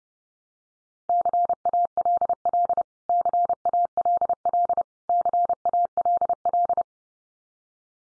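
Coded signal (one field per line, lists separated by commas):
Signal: Morse code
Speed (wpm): 30 wpm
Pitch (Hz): 700 Hz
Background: none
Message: CALL CALL CALL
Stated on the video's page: Morse practice drill of the 100 most common English words at 30 wpm, each sent three times, spoken, then sent again.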